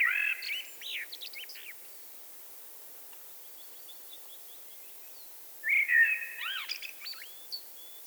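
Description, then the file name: Eurasian blackbird singing: the end of a warbled phrase, a pause with faint high notes, then another fluty phrase with a scratchy, trailing finish. "Turdus merula"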